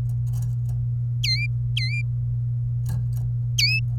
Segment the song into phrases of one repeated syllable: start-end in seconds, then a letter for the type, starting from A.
1.24-1.46 A, 1.76-2.01 A, 3.59-3.80 A